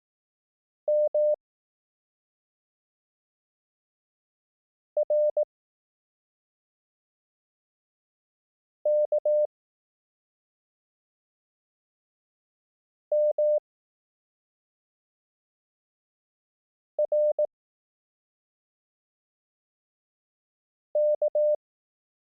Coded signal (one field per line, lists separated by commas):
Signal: Morse code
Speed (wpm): 18 wpm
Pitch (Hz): 600 Hz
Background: none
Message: M R K M R K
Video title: Learn Morse Code — Lessons 1-3 (Koch Method, 18 wpm)